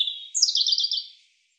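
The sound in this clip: European robin song phrase, a steady thin note leading into a dense, high, shimmering warble that fades out.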